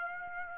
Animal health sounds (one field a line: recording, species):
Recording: mosquito wingbeat signal from an infrared sensor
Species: Aedes aegypti